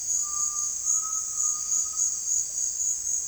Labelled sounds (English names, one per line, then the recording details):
Undulated Tinamou
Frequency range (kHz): Undulated Tinamou 0.8-1.8 kHz
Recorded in pastures near Puerto Asís, Putumayo, Colombia, on 25 June 2025 at 16:30
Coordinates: 0.502, -76.324
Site G010